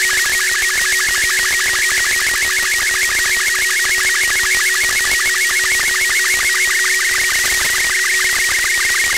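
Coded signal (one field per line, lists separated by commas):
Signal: SSTV (slow-scan television)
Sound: warbling tone around 2 kHz with rapid regular clicks, over hiss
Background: radio static, steady low hum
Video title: Receive SSTV via PSAT-2 (NO-104) 6-SEP-2020 over THAILAND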